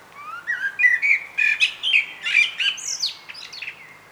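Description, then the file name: Common blackbird song: a low, fluty warbled phrase rising through several mellow notes, then ending in high, thin squeaky twitters. "Turdus merula"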